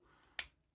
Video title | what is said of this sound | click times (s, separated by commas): Vid 673 Transformers Legacy Prime Knockout | And they lock into place. | 0.4 s